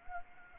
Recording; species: mosquito wingbeat signal from an infrared sensor; Anopheles arabiensis